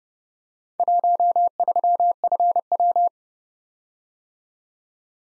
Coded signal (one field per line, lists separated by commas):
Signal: Morse code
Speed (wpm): 30 wpm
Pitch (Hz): 700 Hz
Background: none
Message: 13FW